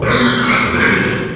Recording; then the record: squeal of a Yucatan mini pig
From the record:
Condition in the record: after surgery on the right vocal fold (resection and tissue-engineered implant); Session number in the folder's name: 15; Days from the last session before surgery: 175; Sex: female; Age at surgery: 19 weeks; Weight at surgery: 25 kg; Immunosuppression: prednisolone